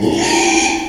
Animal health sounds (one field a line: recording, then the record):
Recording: squeal of a Yucatan mini pig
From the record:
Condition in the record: after surgery on the right vocal fold (resection and tissue-engineered implant)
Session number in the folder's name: 2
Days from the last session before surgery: 13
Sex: male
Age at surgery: 12 weeks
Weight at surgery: 13 kg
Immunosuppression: cyclosporine, prednisolone